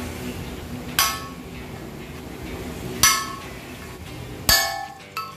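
An outer steel bearing race cup is hammered down into the steering head tube of an Nmax V2/V2.1 scooter, struck only on its outer edge. Sharp metallic hammer blows ring out at 1.0, 3.0, 4.5 and 5.2 seconds. The race is seated fully home at 4.5 and 5.2 seconds, where the hammer sound changes and becomes solid.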